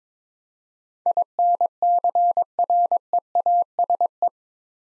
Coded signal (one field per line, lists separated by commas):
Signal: Morse code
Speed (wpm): 22 wpm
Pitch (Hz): 700 Hz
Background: none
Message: INCREASE